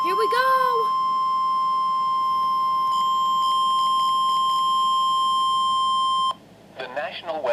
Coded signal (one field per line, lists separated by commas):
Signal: Emergency Alert System (SAME) tones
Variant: 1050 Hz attention tone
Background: speech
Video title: (EAS 7) Special Marine Warning near MY AREA!!!